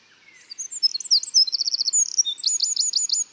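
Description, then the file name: Eurasian wren giving a fast, shrill song of chattering notes, a quick trill and a row of sharp repeated notes. "Troglodytes troglodytes"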